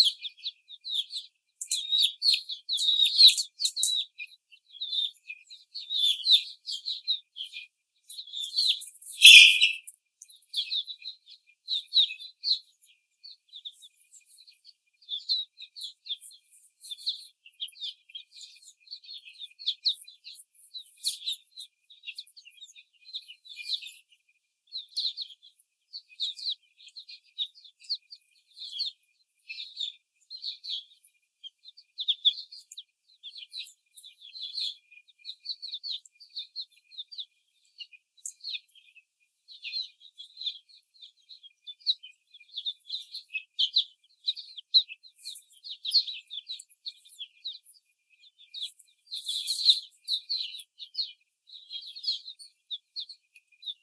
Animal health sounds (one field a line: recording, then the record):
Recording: young laying hens in a cage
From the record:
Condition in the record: before the stressor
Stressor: simulated dog barking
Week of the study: 4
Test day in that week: 3